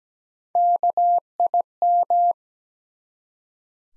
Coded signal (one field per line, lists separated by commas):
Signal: Morse code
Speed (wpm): 17 wpm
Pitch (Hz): 700 Hz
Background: none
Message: KIM